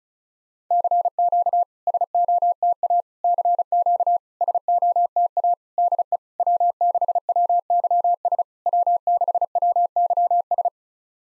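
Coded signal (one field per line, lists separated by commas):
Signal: Morse code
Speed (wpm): 36 wpm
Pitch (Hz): 700 Hz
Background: none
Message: CQ SOTA CQ SOTA DE W6WYS W6WYS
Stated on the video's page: SOTA summit-activation QSO copying drill at 35 wpm, each exchange sent twice with spoken version between.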